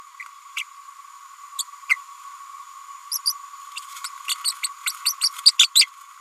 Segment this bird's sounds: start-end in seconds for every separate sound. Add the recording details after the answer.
0.56-0.64, 3.11-3.20, 3.25-3.33, 4.28-4.35, 4.44-4.52, 4.63-4.68, 5.05-5.13, 5.21-5.29, 5.45-5.52, 5.75-5.86. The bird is a female. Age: 32 days. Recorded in a nest box in Venezuela. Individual 17B102A5